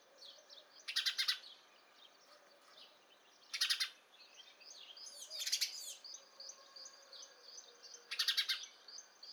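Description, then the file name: House sparrow chirping: four loud, harsh chirp bursts spaced a few seconds apart, with soft thin whistles and twitters from other birds in between. "Passer domesticus"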